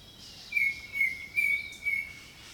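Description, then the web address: Bird song: a run of four level whistled notes, evenly spaced, with a continuous high-pitched insect hum behind. Jungle birdsong. "Echoes of Nature - Jungle Talk Jungle Birdsong"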